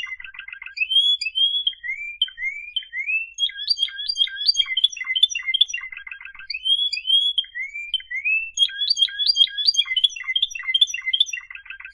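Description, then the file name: Canary song: lively repeated phrases of quick chips, slurred whistles and staccato trills, the same sequence returning about every six seconds. "Canary Voice"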